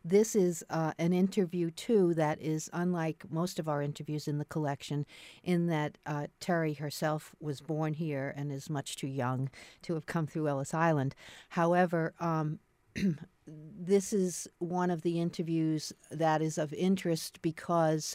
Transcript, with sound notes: This is an interview too that is unlike most of our interviews in the collection in that Terry herself was born here and is much too young to have come through Ellis Island. However, [clears throat] this is one of the interviews that is of interest because